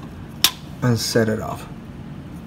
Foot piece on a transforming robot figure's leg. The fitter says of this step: hear a click noise it's mean this foot is ready